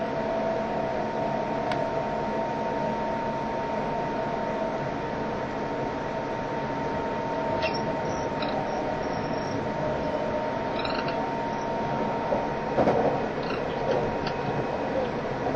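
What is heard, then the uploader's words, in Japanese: A steady, dense rumble of an express train running at speed, with a thin constant whine riding above it. Short bright squeals and clicks from the wheels break through around eight, eleven and thirteen seconds, with a faint thump near thirteen. E351系 Sあずさ18号03 八王子～新宿。全車引退したJR東日本唯一の振り子式車両であったE351系、速達運用だったSあずさを収録したものです。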